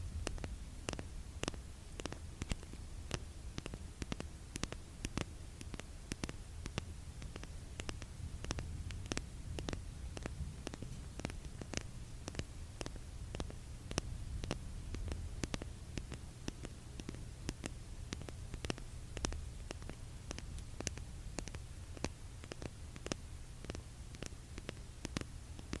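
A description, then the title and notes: Lipgloss tubes tapped in a quick, fairly regular stream of sharp clicks, several per second, over a steady low hum throughout. Asmr lipgloss tapping. Canon g7x: *blue yeti microphone.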